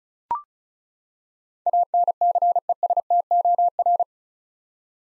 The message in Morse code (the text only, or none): ANCESTOR